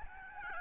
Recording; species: mosquito wingbeat signal from an infrared sensor; Aedes albopictus